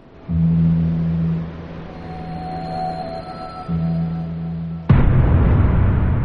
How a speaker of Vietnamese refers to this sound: Ầm lên một tiếng, An giật điếng người thức giấc bởi một âm thanh chói tai kinh khiếp, nghe như là tiếng nổ ở đâu đó.